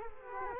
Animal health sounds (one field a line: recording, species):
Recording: mosquito wingbeat signal from an infrared sensor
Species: Culex quinquefasciatus